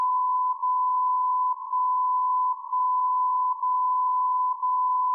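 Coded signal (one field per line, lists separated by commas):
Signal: radio time signal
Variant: DCF77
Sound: continuous 1 kHz beat tone briefly dipping once per second, five dips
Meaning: Each short dip in the tone marks one second, and its length carries a time-code bit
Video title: DCF 77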